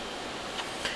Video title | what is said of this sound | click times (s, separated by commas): Model Railroad - Installing a DCC Decoder in a MicroTrains F7 Locomotive | it's just a matter of sliding this back until it locks into place just like that and you | 0.8 s